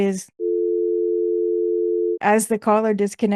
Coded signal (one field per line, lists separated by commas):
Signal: telephone call progress tone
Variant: North America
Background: speech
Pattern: dial tone